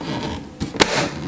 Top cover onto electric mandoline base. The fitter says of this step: And then just press down till you hear a click.